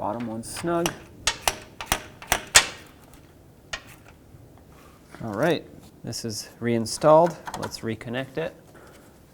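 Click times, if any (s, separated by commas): none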